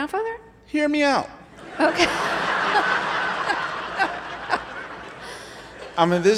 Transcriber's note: laughter